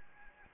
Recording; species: mosquito wingbeat signal from an infrared sensor; Anopheles arabiensis